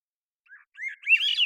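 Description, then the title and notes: Swainson's thrush song opening with soft, rising fluty notes that build into a louder upward phrase, cut off mid-song. Single male singing in the Pacific Northwest, Washington, United States; long take at natural pace and rhythm, recorded with a parabolic microphone. "Swainson's Thrush, Catharus ustulatus, long take of a single male Swainson's Thrush singing, natural pace and rhythm maintained, Recorded in the beautiful Pacific Northwest, Washington, United States"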